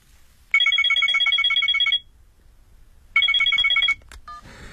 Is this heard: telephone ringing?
yes